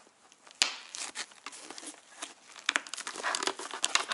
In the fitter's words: make sure you hear it and there you go you can see it's a nice clean installation that